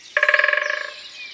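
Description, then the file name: Great spotted woodpecker drumming: one short, fast roll of resonant knocks that fades within under a second. In a forest. "Pic epeiche Un jour dans la foret"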